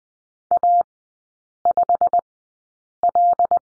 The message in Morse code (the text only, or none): A5L